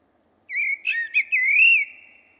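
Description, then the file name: Common blackbird giving a single clear whistled phrase, fluty and slightly wavering, lasting nearly two seconds, with no other sounds. "Turdus merula"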